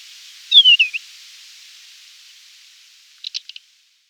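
Desert wheatear song: a short, sweet descending warbled phrase, followed a few seconds later by a quick burst of short clicking notes; quiet background hiss.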